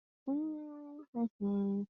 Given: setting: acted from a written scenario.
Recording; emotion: vocal sound without words; serenity